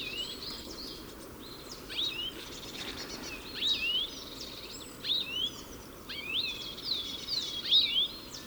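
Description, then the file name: European goldfinch giving tinkling, sliding twitter notes in short bursts that grow busier toward the end, with constant low background noise. "Carduelis carduelis"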